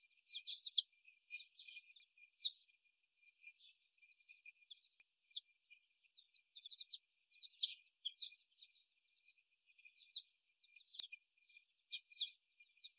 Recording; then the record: young laying hens in a cage, short pieces joined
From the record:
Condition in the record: after the stressor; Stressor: simulated dog barking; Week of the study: 1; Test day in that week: 1